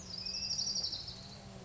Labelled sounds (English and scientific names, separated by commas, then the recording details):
Orange-crowned Warbler (Leiothlypis celata)
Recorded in Sonoma County, California